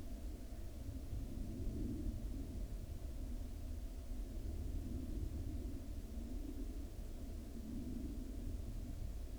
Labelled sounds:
aircraft
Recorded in the Arctic National Wildlife Refuge, Alaska, on 31 July 2019 at 01:57
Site 43

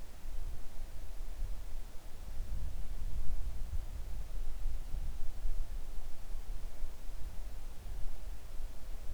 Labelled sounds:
wind
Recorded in the Arctic National Wildlife Refuge, Alaska, on 3 August 2019 at 10:27
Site 41

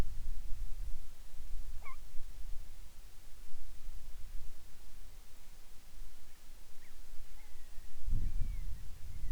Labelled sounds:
bird
wind
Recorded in the Arctic National Wildlife Refuge, Alaska, on 10 July 2019 at 18:49
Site 44

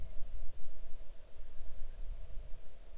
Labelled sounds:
bird
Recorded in the Arctic National Wildlife Refuge, Alaska, on 6 July 2019 at 00:16
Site 39

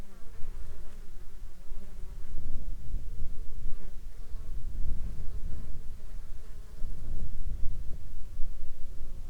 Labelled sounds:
insects
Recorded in the Arctic National Wildlife Refuge, Alaska, on 7 July 2021 at 16:20
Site 33

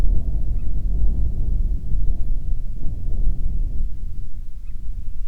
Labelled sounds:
bird
wind
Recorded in the Prudhoe Bay oil fields, Alaska, on 25 July 2019 at 02:26
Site 11

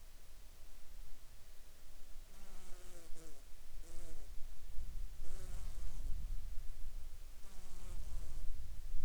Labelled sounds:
insects
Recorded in the Arctic National Wildlife Refuge, Alaska, on 7 July 2019 at 22:37
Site 43

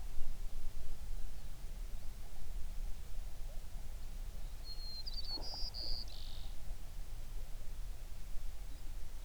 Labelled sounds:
songbird
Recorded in the Prudhoe Bay oil fields, Alaska, on 11 June 2019 at 04:57
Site 21

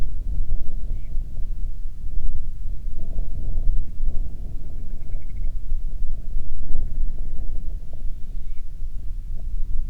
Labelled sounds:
grouse or ptarmigan
wind
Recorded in the Prudhoe Bay oil fields, Alaska, on 25 July 2019 at 02:58
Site 11

